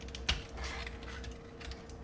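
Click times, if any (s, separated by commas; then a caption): 0.3 s. The chest clasp on a transforming robot toy is fastened after the head and collar section has been flipped up. A loud, sharp click at 0.3 s marks the clasp snapping shut, followed by a few faint ticks and light handling noise. The clasp is seated.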